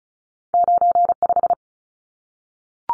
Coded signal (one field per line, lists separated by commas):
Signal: Morse code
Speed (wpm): 34 wpm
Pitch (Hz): 700 Hz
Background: none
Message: 95